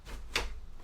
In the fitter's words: now that it's clicked in place here I need to get all of this away from where